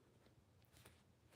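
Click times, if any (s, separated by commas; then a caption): none. A plastic washer backing is pushed onto the post of a plastic safety eye through the crochet fabric of a crocheted bear. Only faint rustling and soft friction are heard, with brief airy bursts around 0.6 s and 0.9 s. Nothing has clicked yet.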